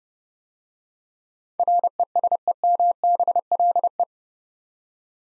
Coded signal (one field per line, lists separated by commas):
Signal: Morse code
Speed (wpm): 30 wpm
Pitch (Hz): 700 Hz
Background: none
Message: RESEMBLE